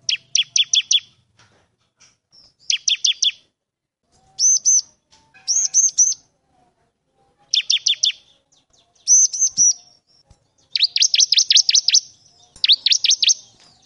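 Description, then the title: Bar-winged prinia song: short bursts of rapid, high, sharp chirps, each lasting up to about a second and a half, repeated every second or two with brief silent gaps. Vigorously singing bird calling its rival, used as a master recording to train other cage birds. "Ciblek gacor manggil lawan ciblekmu lanhsung nyaut"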